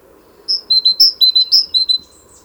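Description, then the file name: Great tit giving a quick series of whistled phrases, each a high note followed by one or two lower notes, three phrases in swift succession. "Parus major"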